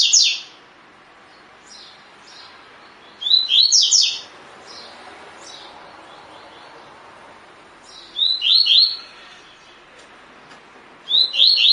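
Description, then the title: Double-collared seedeater song: several rapid phrases of high, sliding notes, with softer scattered notes in the gaps between louder bursts. Song style called tui tui; bird described as fibra (spirited). "COLEIRO DE GOLA TUI TUI FIBRA"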